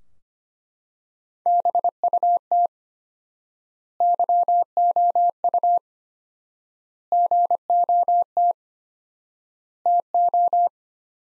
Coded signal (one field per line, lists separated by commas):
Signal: Morse code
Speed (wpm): 25 wpm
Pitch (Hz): 700 Hz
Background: none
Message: BUT YOU GOT TO